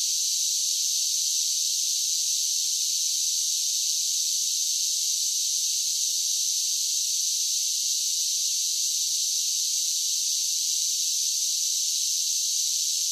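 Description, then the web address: Steady cicada drone, a high sizzling buzz that carries on without a break or change in rhythm. "Blastwave INSECTS Cicadas Sing"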